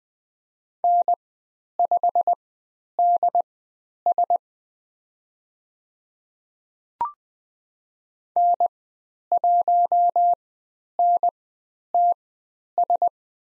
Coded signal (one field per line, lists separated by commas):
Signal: Morse code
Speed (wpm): 20 wpm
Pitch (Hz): 700 Hz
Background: none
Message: N5DS N1NTS